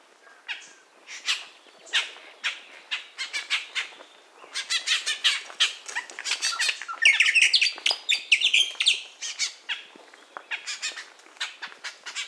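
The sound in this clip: Bird giving harsh, squawky calls in rapid irregular bursts, building into a denser, louder flurry midway before thinning out again.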